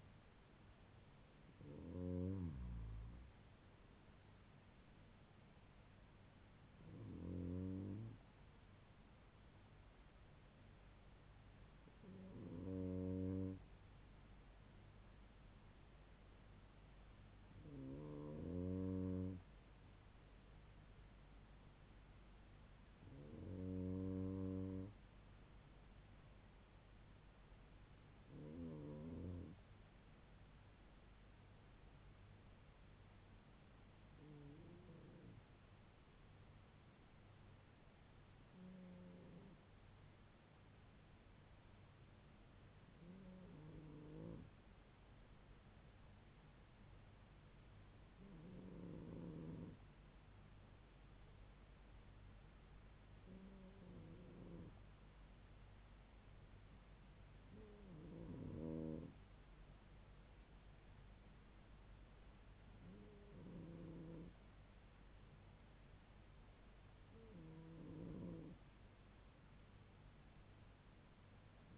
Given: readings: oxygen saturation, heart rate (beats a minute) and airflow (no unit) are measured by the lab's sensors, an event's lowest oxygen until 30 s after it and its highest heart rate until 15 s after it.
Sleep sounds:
breathing in sleep by a voice recorder at the bedside; 1
22.00-71.78 s: new sleep stage, REM sleep
40.00-66.50 s: hypopnea (REM, oxygen 98% highest, then 95% lowest, heart rate 78 at the start, 83 highest)
From the record:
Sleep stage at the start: N2 (light sleep); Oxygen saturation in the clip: 96 to 98%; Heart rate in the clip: 76 to 82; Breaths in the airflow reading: 14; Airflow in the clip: -4.3 to 4.2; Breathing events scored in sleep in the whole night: 158 in 7.3 hours asleep

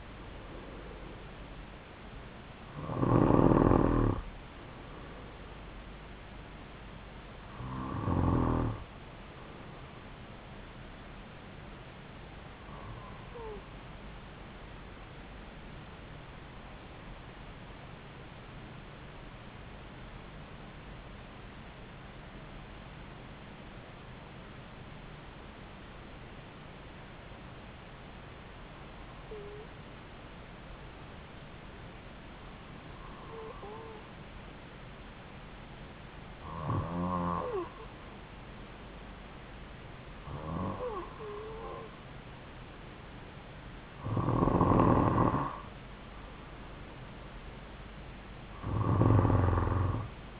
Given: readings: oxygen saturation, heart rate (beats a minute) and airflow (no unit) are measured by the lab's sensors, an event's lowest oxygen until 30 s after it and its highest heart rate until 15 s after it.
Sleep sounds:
breathing in sleep by a voice recorder at the bedside; 1
17.00-40.60 s: hypopnea (N2, oxygen 96% highest, then 92% lowest)
From the record:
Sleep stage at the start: N2 (light sleep); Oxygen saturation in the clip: 91 to 96%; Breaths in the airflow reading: 12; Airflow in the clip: -4.0 to 3.2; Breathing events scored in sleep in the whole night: 270 in 6.1 hours asleep

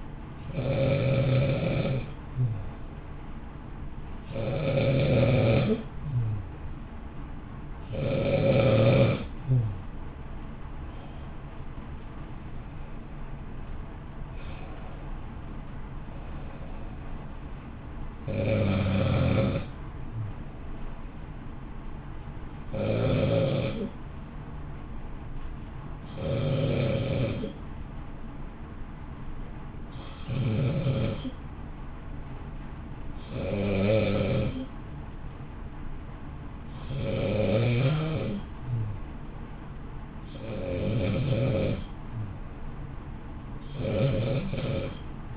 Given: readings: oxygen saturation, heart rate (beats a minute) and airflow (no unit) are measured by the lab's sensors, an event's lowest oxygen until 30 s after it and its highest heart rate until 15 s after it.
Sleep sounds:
breathing in sleep by a smartphone at the bedside; none
39.00-45.37 s: new sleep stage, N2 (light sleep)
From the record:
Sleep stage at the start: N1 (lightest sleep); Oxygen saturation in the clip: 91 to 95%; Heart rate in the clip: 54 to 62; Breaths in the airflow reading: 15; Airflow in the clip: -0.8 to 0.6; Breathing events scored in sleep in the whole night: 328 in 6.3 hours asleep

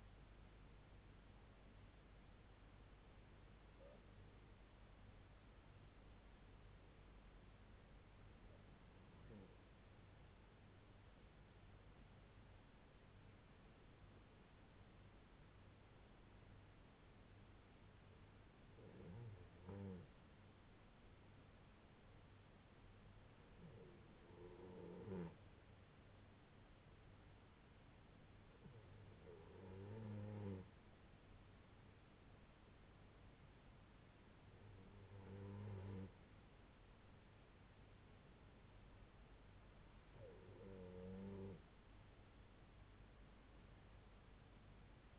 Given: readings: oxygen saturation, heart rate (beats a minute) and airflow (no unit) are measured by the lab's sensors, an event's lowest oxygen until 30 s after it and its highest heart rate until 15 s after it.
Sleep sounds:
breathing in sleep by a voice recorder at the bedside; 1
3.00-24.10 s: hypopnea (N2, oxygen 96% highest, then 91% lowest, heart rate 61 at the start, 68 highest)
From the record:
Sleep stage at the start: N2 (light sleep); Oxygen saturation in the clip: 91 to 96%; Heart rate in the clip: 61 to 68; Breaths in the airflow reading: 7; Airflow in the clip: -5.7 to 3.6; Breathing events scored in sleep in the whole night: 368 in 8.0 hours asleep

